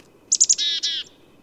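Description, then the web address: Chickadee calls: three quick high clear notes followed by two longer buzzy, rasping notes, over a quiet background. Fledgling chickadees. "BIRD NOTE. Chickadees"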